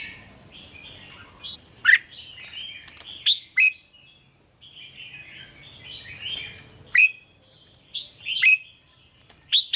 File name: Tieng chao mao hot che